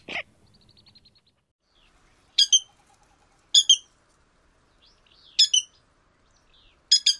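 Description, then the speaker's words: Virginia Rail giving harsh, buzzy doubled notes about every one to two seconds, with soft lower ticking notes between them. Secretive marsh bird that hides from birders; breeds across much of the northern United States and Canada; one of a variety of its sounds. "So one more time, a variety of sounds from the Virginia rail."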